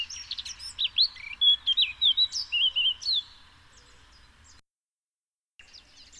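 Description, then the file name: Eurasian blackcap singing a quick, varied warble that turns into clear, looping fluty whistles, lasting about three seconds before quiet returns. "Sylvia atricapilla"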